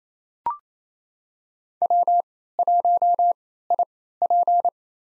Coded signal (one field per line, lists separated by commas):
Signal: Morse code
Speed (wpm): 27 wpm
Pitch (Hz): 700 Hz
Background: none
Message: W1IP